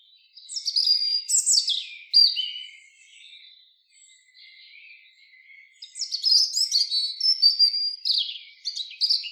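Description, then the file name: European robin song: two bursts of high, varied warbling with sharp trills and sliding whistles, separated by a few seconds of quiet, faint twittering. "Erithacus rubecula"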